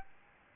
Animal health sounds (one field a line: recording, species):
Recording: mosquito wingbeat signal from an infrared sensor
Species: Aedes albopictus